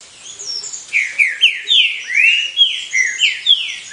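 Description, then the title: Green-winged saltator song: a run of loud, clear whistled notes sliding down and rising, delivered in quick phrases with thinner high chirps layered above. Song, voice number 06, used to warm up and stimulate other birds to sing. "Canto De Trinca Ferro Voz 06. ESQUENTANDO OS BRUTOS"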